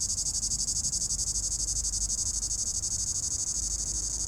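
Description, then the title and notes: Cicada buzz, shrill and unbroken, pulsing rapidly, over faint low rumble. In an apple tree at the top of the Côte de Groisin, Chindrieux, France; 32°; traffic on the RD991; Zoom H4n Pro, preamp level 100. "3029 Rte d'Aix, 73310 Chindrieux, France - cigale. Cigale dans un pommier au sommet de la côte de groisin, il fait 32°"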